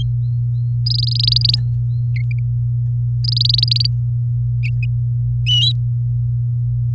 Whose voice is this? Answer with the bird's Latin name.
Serinus canaria